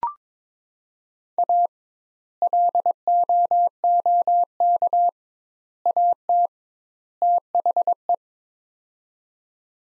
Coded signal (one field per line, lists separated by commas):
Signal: Morse code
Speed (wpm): 22 wpm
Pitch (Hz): 700 Hz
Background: none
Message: A LOOK AT THE